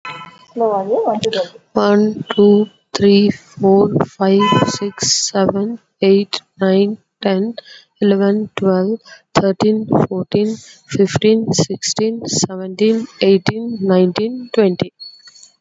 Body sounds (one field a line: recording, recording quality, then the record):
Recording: counting at a normal pace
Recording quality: excellent, no background noise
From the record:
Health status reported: COVID-19 positive, mild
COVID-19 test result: positive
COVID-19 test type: RT-PCR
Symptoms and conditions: cold, fatigue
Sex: female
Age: 27 years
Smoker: no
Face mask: not worn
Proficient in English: yes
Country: India